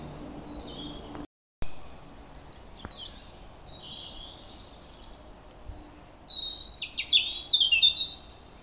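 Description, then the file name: European robin song: faint high thin warbling early on, then a louder burst of varied high, sweet trilling and whistled phrases near the end over quiet background hiss. "Rouge gorge"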